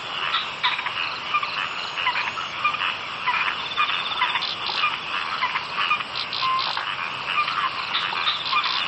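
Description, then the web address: Frog chorus, a dense steady mass of rattling, croaking calls with no pauses. "bumbungrec kaeru frog"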